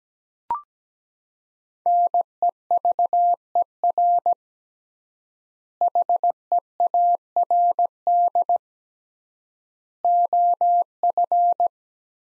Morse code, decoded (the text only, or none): NEVER HEARD OF